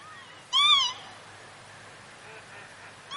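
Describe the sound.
Northern lapwing call: a brief, wheezy, rising-then-falling note early on, followed by quiet background hiss.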